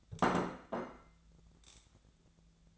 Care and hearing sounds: daily activity, microphone in the room; place plate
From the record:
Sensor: 3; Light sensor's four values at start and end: 31/78/33/35 and 32/79/34/36

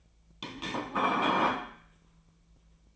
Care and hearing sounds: daily activity, microphone in the room; place plate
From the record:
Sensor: 1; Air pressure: 1009.4 hPa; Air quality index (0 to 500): 196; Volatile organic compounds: 20 ppm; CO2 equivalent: 2675 ppm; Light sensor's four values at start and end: 27/69/28/34 and 27/69/28/34

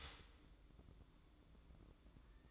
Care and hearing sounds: daily activity, microphone in the room; start toaster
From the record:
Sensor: 3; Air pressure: 1007.1 hPa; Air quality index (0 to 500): 56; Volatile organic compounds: 1 ppm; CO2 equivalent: 596 ppm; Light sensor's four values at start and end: 8/19/8/8 and 8/19/8/8

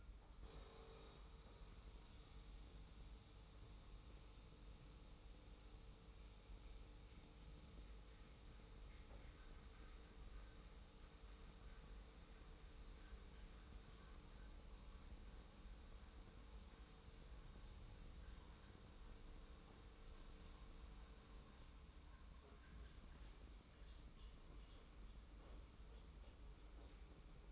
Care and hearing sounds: daily activity, microphone in the room; make coffee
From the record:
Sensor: 1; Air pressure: 990.8 hPa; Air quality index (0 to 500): 139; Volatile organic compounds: 655 ppm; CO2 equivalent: 4998 ppm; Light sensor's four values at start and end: 22/53/22/24 and 22/52/22/24

